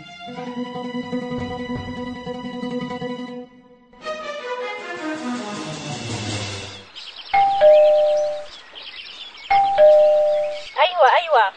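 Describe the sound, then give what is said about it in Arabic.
An electronic doorbell, pressed after finishing work so the household will bring down items, plays a chiming melody with a sliding, descending run of tones, then two shorter ringing chimes follow, with voices murmuring around them. “وبعد ما تخلص شغلك بتضغط على الجرس وبنت راف حتجيب لك الاغراض.”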